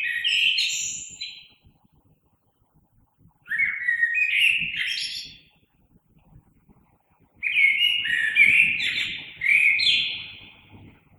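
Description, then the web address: Common blackbird singing several warbled, fluting phrases with thin high squeaky notes, separated by short pauses; faint low rumble underneath. Recorded 3 March 2020. "oiseaux Merle 2020 03 03"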